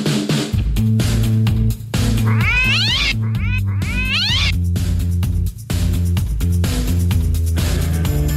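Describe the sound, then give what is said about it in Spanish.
A female cat inside a studio meows three or four times in quick succession, high, wavering cries rising and falling in pitch, heard over a loud, steady background of music. “la gata está dentro del estudio, está todo bien con el pobre.”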